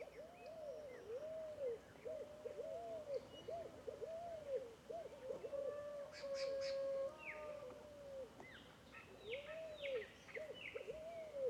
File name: Varios Passaros Fogo Apagou Juntos em Bambuzau